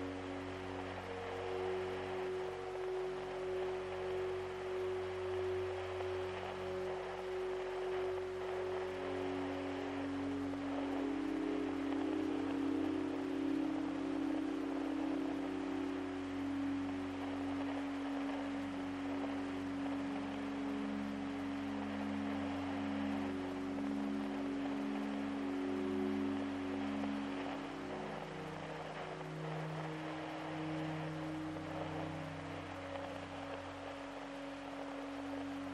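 Soft ambient music with rain: long, sustained low tones hold and shift slowly over a constant bed of fine, even hiss. Around the middle, a short run of gentle repeated notes pulses beneath the drone. The level stays steady throughout, with no sudden events.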